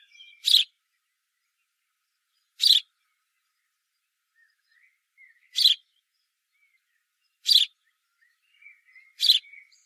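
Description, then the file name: House sparrow repeating five loud, clipped cheeps at uneven intervals, with faint soft notes between. "Passer domesticus"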